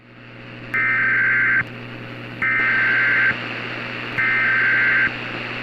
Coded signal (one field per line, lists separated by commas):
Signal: Emergency Alert System (SAME) tones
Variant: header bursts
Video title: EAS Preview: TTE For Lancaster,PA